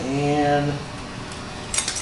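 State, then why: Released. Someone talks briefly, then a key is turned in the trunk lock of a 1966 Chevrolet Chevelle SS, with faint metallic key sounds. The metal trunk lid latch releases with a short, sharp pop at 1.9 s, and the lid springs up and stays up.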